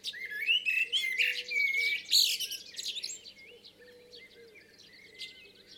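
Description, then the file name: Common blackbird delivering a rich fluting phrase ending in shrill squeaky twitters, then quieter notes, with a soft background chorus of other birds. "Turdus merula"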